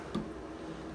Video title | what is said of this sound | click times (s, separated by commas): Low Flow Shower Valve Repair FOR FREE | it just popped into place yeah essentially like that and | 0.1 s